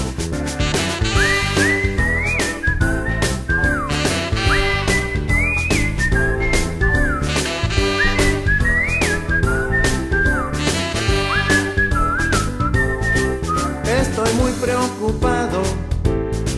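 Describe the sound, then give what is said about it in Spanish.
Someone whistles in imitation of birds, repeating short rising-and-falling chirpy phrases over steady, rhythmic background music, with no talking. “los pájaros tampoco hablan, solo hacen así.”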